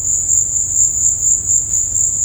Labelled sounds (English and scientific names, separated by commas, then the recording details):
none
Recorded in dense forest near Puerto Asís, Putumayo, Colombia, on 26 December 2024 at 16:30
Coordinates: 0.481, -76.323
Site G100